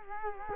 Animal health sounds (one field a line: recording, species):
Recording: mosquito wingbeat signal from an infrared sensor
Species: Culex quinquefasciatus